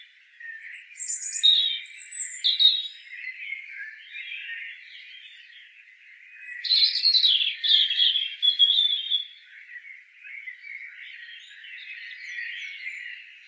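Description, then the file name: European robin song: high, varied phrases with thin whistles and quick trills in two louder bursts, separated by quieter passages. "Erithacus rubecula"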